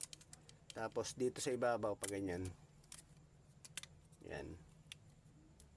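A replacement LCD panel for a Realme 7 phone with a black screen is handled over the phone's plastic frame, ready to be pressed down so its edge clips catch. Someone talks while a few light taps and small handling clicks are heard. Nothing has seated or clicked into place yet.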